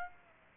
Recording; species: mosquito wingbeat signal from an infrared sensor; Aedes aegypti